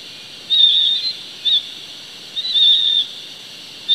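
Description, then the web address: Blue-fronted parrotlet calls: thin, high squeaky notes, some drawn out and some short, over a steady hiss. Recorded in Ecuador. "Birds of Ecuador. Blue-fronted Parrotlet"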